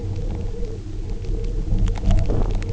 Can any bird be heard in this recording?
no